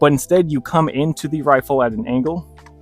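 Someone talks while a steel magazine is angled into an AK rifle's magazine well, to be hooked on the front notch and rocked back until the latch clicks. Two faint ticks follow after the talking stops, near 2.7 and 2.9 seconds. The clip ends before the magazine goes home, and nothing has seated or clicked yet.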